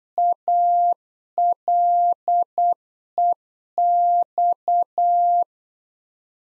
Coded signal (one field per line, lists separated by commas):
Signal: Morse code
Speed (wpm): 8 wpm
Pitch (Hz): 700 Hz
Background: none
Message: ALEX